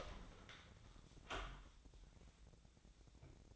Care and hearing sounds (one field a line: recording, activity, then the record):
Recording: daily activity, microphone in the room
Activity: open door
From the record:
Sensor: 3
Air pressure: 1009.2 hPa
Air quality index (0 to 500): 186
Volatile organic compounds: 3 ppm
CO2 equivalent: 1501 ppm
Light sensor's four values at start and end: 50/130/56/57 and 50/131/57/58